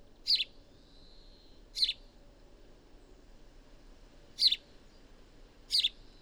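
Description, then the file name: House sparrow giving four separate harsh chirps at uneven intervals of roughly one to three seconds, over a soft steady low background noise. "Passer domesticus"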